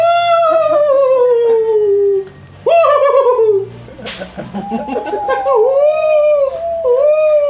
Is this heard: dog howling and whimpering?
yes